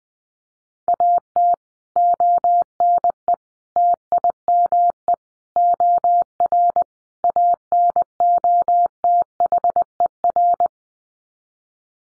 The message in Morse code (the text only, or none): AT ONE TIME OR ANOTHER